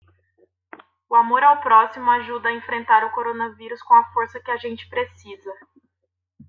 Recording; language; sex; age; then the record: spoken sentence; Brazilian Portuguese; female; 20 to 29 years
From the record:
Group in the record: control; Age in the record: 28 years